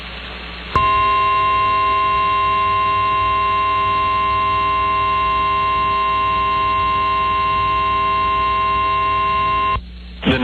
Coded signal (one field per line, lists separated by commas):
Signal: Emergency Alert System (SAME) tones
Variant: 1050 Hz attention tone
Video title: Severe Thunderstorm Warning (WI) (8/29/24) [EAS #35]